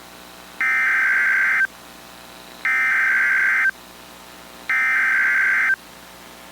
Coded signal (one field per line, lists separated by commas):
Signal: Emergency Alert System (SAME) tones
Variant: header bursts